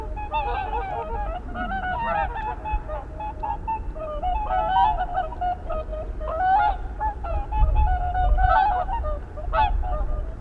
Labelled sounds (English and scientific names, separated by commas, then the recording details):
Whooper Swan (Cygnus cygnus) call
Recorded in the wild
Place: Schaabe, Insel Rügen, Mecklenburg-Vorpommern, DE
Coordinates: 54.57, 13.45
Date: 1970-04-08
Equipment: Nagra III BH, Sennheiser MD 21, parabola
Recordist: Schubert, Michael